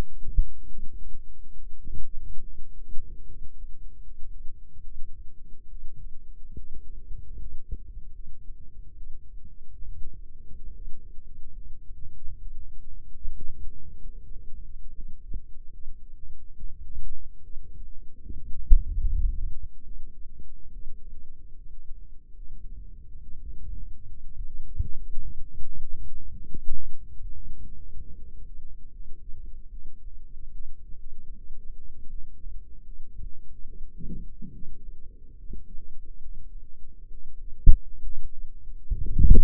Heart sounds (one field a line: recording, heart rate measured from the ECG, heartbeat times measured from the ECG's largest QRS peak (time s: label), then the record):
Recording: heart sounds by microphone in the left ear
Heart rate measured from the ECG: 72 bpm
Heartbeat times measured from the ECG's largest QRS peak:
0.66 s: heartbeat
1.54 s: heartbeat
2.41 s: heartbeat
3.26 s: heartbeat
4.02 s: heartbeat
4.82 s: heartbeat
5.67 s: heartbeat
6.55 s: heartbeat
7.36 s: heartbeat
8.11 s: heartbeat
8.94 s: heartbeat
9.84 s: heartbeat
10.72 s: heartbeat
11.52 s: heartbeat
12.38 s: heartbeat
13.32 s: heartbeat
14.18 s: heartbeat
14.92 s: heartbeat
15.70 s: heartbeat
16.55 s: heartbeat
17.40 s: heartbeat
18.21 s: heartbeat
18.98 s: heartbeat
19.82 s: heartbeat
20.70 s: heartbeat
21.53 s: heartbeat
22.33 s: heartbeat
23.19 s: heartbeat
24.06 s: heartbeat
24.89 s: heartbeat
25.64 s: heartbeat
26.45 s: heartbeat
27.32 s: heartbeat
28.16 s: heartbeat
28.90 s: heartbeat
29.69 s: heartbeat
30.51 s: heartbeat
31.33 s: heartbeat
32.08 s: heartbeat
32.83 s: heartbeat
33.64 s: heartbeat
34.51 s: heartbeat
35.36 s: heartbeat
36.20 s: heartbeat
37.09 s: heartbeat
38.01 s: heartbeat
38.91 s: heartbeat
From the record:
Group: healthy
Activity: rest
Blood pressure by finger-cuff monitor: 122/57 mmHg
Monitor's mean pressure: 78 mmHg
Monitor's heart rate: 72 bpm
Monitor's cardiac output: 7.5 L/min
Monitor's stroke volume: 104 mL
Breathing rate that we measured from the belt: 17 breaths a minute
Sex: female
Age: 22 years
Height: 160 cm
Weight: 63 kg